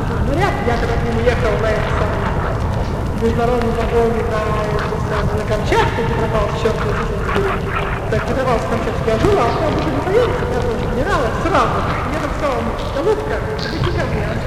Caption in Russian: Характерный для маниакального состояния осипший голос.